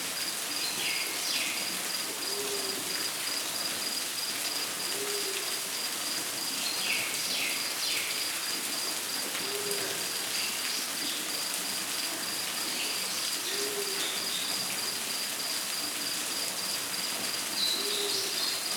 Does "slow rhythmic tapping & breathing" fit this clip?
no